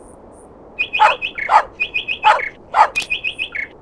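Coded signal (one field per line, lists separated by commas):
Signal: none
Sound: game bird chirp sounds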